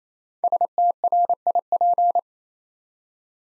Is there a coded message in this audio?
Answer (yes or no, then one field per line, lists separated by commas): yes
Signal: Morse code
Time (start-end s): 0.4-2.2 s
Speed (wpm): 28 wpm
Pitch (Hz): 700 Hz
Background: none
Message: STRIP